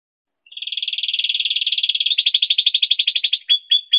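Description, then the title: Bird song: a fast, buzzy pulsed trill, high-pitched and steady, slowing into separate pulses, then ending in three short clipped notes. Birdsong used as master recordings to train songbirds. "Masteran Burung"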